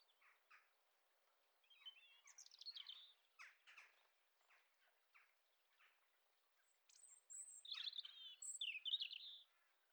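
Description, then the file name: European robin delivering a soft, scratchy run of quiet notes that builds into a brighter, higher phrase of trills and whistles near the end. "Erithacus rubecula"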